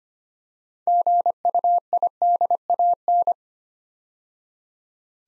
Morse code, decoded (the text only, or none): GUIDAN